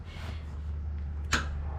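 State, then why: Torque reached. A click-type torque wrench set to 20 ft-lb, fitted with a 5/8 socket, tightens the drain plug or fastener on a Harley Davidson motorcycle engine during an oil change, against a steady low hum. At 1.3 s the wrench gives a single sharp click, confirming the fastener has reached 20 foot-pounds, within the 14 to 21 specification.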